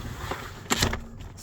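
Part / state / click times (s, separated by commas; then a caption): rotating child car seat locking on its swivel base / seated / 0.7 s. An Evenflo 360 rotating child car seat is spun back around on its swivel base until it locks into position. A sharp click is heard at 0.7 s, followed by a couple of quick clacks, and the seat is locked in place.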